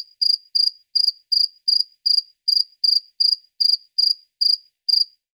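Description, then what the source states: Cricket chirps, bright and trilled, each one short and evenly spaced, coming roughly every third of a second without pause. Crickets at night.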